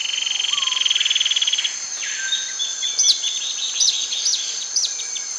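Bird calls, with a buzzy rattling trill at the start, then a run of short sharp upslurred notes and chips against a steady high hum.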